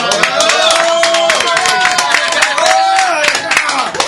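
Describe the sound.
Audience applause: a steady, dense patter of many hands clapping throughout, loud and continuous, with voices calling out and cheering over it.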